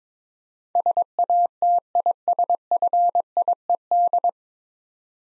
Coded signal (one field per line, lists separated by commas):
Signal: Morse code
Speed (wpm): 22 wpm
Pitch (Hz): 700 Hz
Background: none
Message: SATISFIED